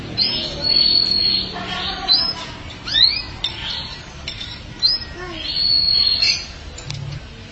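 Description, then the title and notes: Canary song in broken phrases: clear flat whistles, short upswept chirps and sliding notes with pauses between, over a low background hiss. "BM Suara Kenari. BM Suara Burung Kenari"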